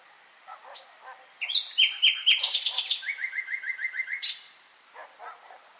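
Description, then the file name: Common nightingale song: a rich phrase of varied high notes, then a fast series of repeated notes ending in a sharp flourish, with quiet chips before and after. "Luscinia megarhynchos"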